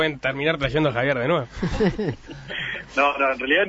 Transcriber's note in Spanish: risas